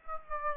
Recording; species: mosquito wingbeat signal from an infrared sensor; Aedes aegypti